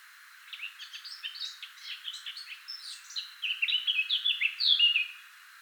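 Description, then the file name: Eurasian blackcap singing, a low chattering warble that builds into loud, fluty whistled notes in its second half. "Sylvia atricapilla"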